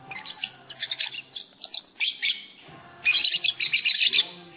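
Lovebird twittering in rapid shrill chirps, a steady chatter that grows louder in the last second and a half.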